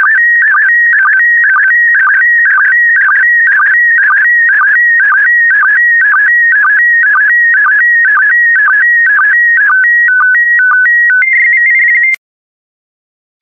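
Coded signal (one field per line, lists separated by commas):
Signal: SSTV (slow-scan television)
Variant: PD120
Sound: warbling electronic tone with a rhythmic chirp about twice a second, ending abruptly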